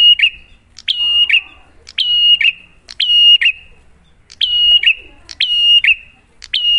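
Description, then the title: Bar-winged prinia song, fast repeated whistle-and-buzz phrases, nearly one per second, loud and clean. Prenjak lure audio for kept birds: duet of the Cililin and Kapas Tembak song styles; bird singing actively (gacor) with a clear voice. "Masteran Duet Cililin Vs Kapas Tembak. Pancingan Prenjak Gacor Suara Jernih"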